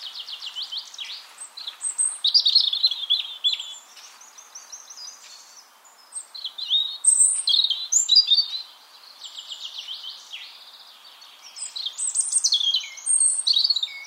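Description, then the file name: European robin song, a stream of high, thin whistles, trills and tinkling notes in short varied phrases with brief quieter gaps. "Erithacus rubecula"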